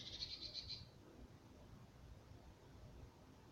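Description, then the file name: Eurasian blue tit calls, a quick run of about six high notes in under a second, then only background noise. "Cyanistes caeruleus"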